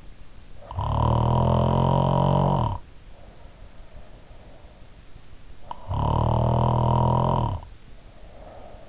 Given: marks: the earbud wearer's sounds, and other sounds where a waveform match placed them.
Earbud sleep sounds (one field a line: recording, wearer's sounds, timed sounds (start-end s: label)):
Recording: sounds in sleep by an in-ear microphone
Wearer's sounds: snoring breath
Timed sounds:
0.72-4.78 s: snoring breath
5.63-8.89 s: snoring breath